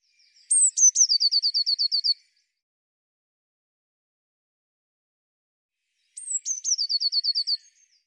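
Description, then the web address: Eurasian blue tit song: two high, thin descending notes, then a fast, even trill of about ten notes, heard twice, with a long quiet gap between phrases. "cianscape birddata Deverinetal 2025 File cleaned normalized Bird Cy Ca"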